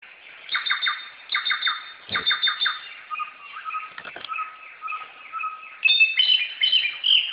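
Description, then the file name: Samyong bird calls: groups of three or four ringing chip notes, then sustained level whistles and a burst of higher, quicker notes at the end. Samyong bird calling in a forest. "suara burung samyong di hutan"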